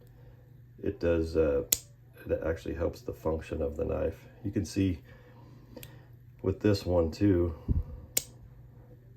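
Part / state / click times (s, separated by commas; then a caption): folding knife blade into its handle / partly seated / 8.2 s. A small stockman pocketknife blade is folded closed and snaps shut into its handle with a sharp click at 8.2 s while someone talks. The blade is not all the way in after the snap and has to be pushed down further to seat fully.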